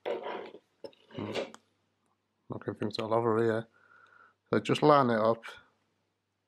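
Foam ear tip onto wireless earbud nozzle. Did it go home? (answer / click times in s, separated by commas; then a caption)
no / none. Someone talks while lining up a memory foam replacement tip on an AirPods Pro wireless earbud's nozzle, with a few brief handling clicks between the words. Nothing has seated or clicked into place yet.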